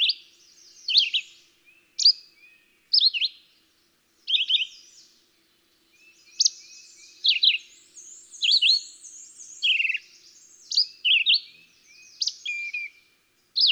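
Red-eyed Vireo song of repeated short, slurred phrases separated by brief pauses, with another bird singing faintly in the background.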